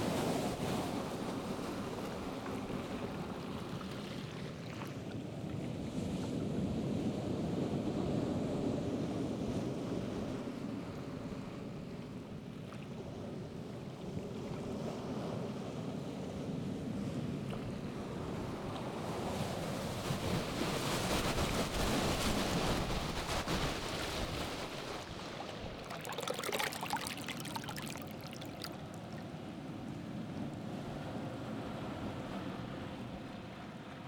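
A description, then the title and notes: A rising tide washes over the rocky beaches at the base of Tillamook Head, a dense, constant roar of surf. Waves swell and recede slowly, with fuller surges around eight and twenty-two seconds and a brief bright hiss near twenty-six seconds. Rising Tide in the Pacific. This week, I’m on the Oregon Coast. The rocky beaches at the base of Tillamook Head. At high tide, the waves crash, and water surges between the rocks. I recorded this with a boom pole held just inches from the water, so the rocks would shield the microphone from the concussive gusts of wind.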